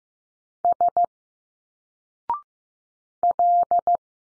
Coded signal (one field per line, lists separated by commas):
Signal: Morse code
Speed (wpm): 15 wpm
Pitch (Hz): 700 Hz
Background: none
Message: S L